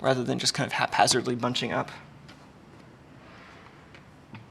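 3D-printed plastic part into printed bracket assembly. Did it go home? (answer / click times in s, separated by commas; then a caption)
no / none. Someone talks for about the first two seconds, then quiet handling follows as a 3D-printed plastic part of a cat-camera winding mechanism is brought toward its mating printed bracket assembly, with two faint ticks near 4.0 and 4.4 seconds. The clip ends before the part goes home; nothing has seated or clicked yet.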